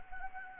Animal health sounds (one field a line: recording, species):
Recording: mosquito wingbeat signal from an infrared sensor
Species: Anopheles gambiae